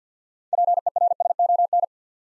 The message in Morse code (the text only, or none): PERSON